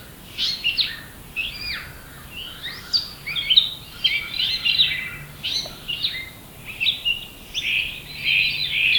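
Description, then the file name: Grey catbird delivering a continuous jumble of brief, varied squeaky and chattering phrases, with faint background hiss. "Dumetella carolinensis - Grey Catbird"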